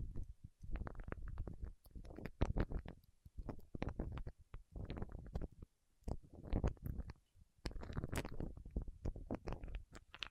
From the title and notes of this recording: ASMR with Wax Fingertips for Sleep (No Talking).